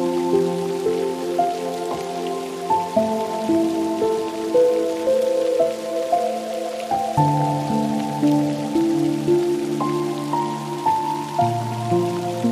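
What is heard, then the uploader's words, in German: Rain falls in a steady, fine hiss behind soft relaxing music. Slow sustained chords shift every couple of seconds, with gentle melody notes drifting above them. The rain stays even throughout, blending quietly under the warm, low-pitched music. Regen mit Entspannungsmusik für Kinder & Erwachsene zum Einschlafen & Entspannen. Entspannende Regengeräusche & Musik zum Schlafen.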